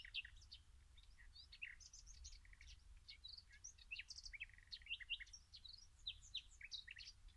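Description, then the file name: Common nightingale song: dense, varied chirps and short whistled phrases delivered in rapid bursts, against a low background rumble. "Luscinia megarhynchos"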